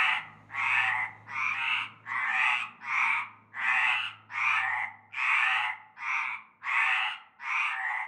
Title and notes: Avenue Cante Coucou, Groupède, La Ciotat, Marseille, Bouches-du-Rhône, Provence-Alpes-Côte d'Azur, France métropolitaine, 13600, France - cœur de grenouilles. Une grande vasque en béton, un fond d'eau verdâtre croupissant. et un cœur de grenouilles dès la nuit tombée